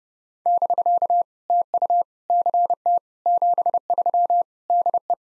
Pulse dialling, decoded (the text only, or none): none